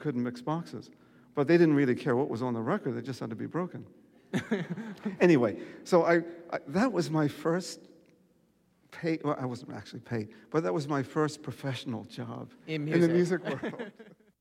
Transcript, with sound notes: You couldn't mix boxes. But they didn't really care what was on the record. They just had to be broken.
(SOUNDBITE OF LAUGHTER)
Anyway, so I, that was my first pay - I wasn't actually paid. But that was my first professional job...
In music.
In the music world.